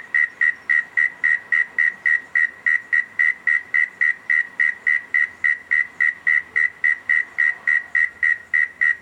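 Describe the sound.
Cricket with a constant, regular stream of short shrill chirps, several per second, over light background noise.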